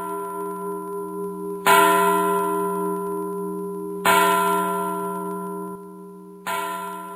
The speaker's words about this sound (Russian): Старые голландские часы, стоявшие в углу залы, начали медленно бить полночь.